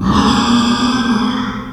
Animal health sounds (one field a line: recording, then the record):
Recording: squeal of a Yucatan mini pig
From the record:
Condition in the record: after surgery on the right vocal fold (resection and tissue-engineered implant)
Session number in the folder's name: 15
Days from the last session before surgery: 175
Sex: female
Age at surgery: 19 weeks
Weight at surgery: 25 kg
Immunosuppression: prednisolone